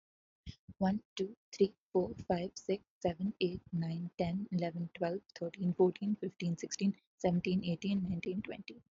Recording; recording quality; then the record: counting at a fast pace; excellent, no background noise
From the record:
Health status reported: healthy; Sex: female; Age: 22 years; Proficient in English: yes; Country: India